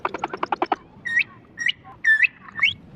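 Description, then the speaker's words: Humpback Whale song sped up and pitched high, sounding bird-like: a quick burst of pulsed notes, then four chirping upswept whistles. Song raised by 3 octaves and played faster. "so klingt der Buckelwal, wenn man seinen Gesang um 3 Oktaven erhöht und schneller abspielt."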